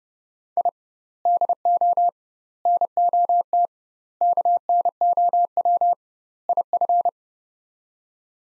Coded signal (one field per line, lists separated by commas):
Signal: Morse code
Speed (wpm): 30 wpm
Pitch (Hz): 700 Hz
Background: none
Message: I DO NOT KNOW IF